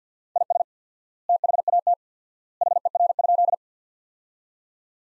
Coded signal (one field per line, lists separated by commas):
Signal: Morse code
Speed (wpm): 50 wpm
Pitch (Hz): 700 Hz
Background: none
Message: IS THAT HER?